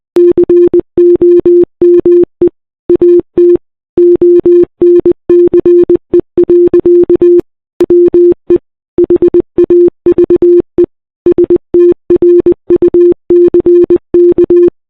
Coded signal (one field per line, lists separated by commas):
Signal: Morse code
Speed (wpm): 20 wpm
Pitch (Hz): 340 Hz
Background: none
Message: COME AT ONCE. WE HAVE STRUCK